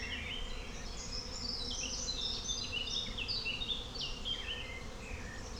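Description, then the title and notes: Bees hum in a continuous low drone while birds sing busy whistled phrases at higher pitch. Bees with birds in a forest, Klettenstieg, Rahlstedt, Hamburg, Germany, in May in fine spring weather; recorded on an Olympus LS12 with a double-neck microphone. "Klettenstieg, Rahlstedt, Wandsbek, Hamburg, 22143, Deutschland - Bienen und Vögel im Wald - im Mai. 1A Frühlingwetter. Die Bienen, genauso wie die Vögel geben alles. Aufnahme mit dem Olympus LS12 mit dem Badewannen-Doppelnacken-Mikrofon"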